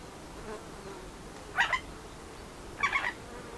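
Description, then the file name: Eurasian jay giving two harsh, rasping screeches about a second apart, each short and noisy, against a quiet hissing background. "Garrulus glandarius"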